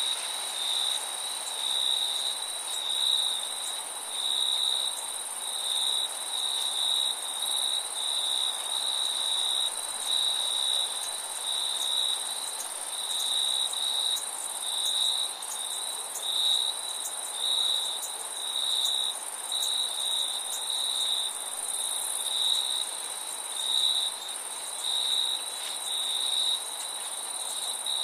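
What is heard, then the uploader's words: Crickets chirp in a steady, dense chorus, a high pulsing trill with an even higher continuous whine above it, unbroken throughout. Relaxing Cricket Sounds for relaxing or sleep...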